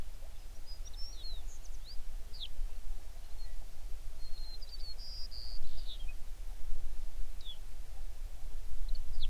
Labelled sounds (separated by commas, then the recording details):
songbird
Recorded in the Prudhoe Bay oil fields, Alaska, on 11 June 2019 at 05:20
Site 21